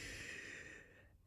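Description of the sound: A single hissy inhaled breath of about a second, with a faint steady whistle running through it, taken by a young woman between phrases of speech. Her breathing is sometimes audible. Noisy breathing of this kind comes from mild narrowing of the windpipe after a tracheotomy.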